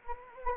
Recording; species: mosquito wingbeat signal from an infrared sensor; Anopheles gambiae